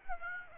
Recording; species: mosquito wingbeat signal from an infrared sensor; Aedes aegypti